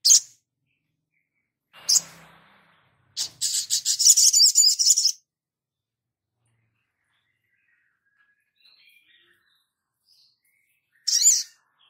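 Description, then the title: Spiderhunter song: sharp high chips, then a rapid buzzy trill of repeated high notes for about two seconds, followed by silence and a final chip. Labaik variant, from a masteran (cage-bird training) recording. "Sogok Ontong Labaik"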